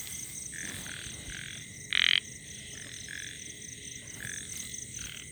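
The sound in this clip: Ornate narrow-mouthed frog giving one loud brief rasping croak, with fainter similar croaks before and after and a steady high insect hum.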